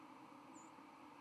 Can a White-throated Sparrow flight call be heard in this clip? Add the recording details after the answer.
yes. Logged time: 09:30 on 31 October 2014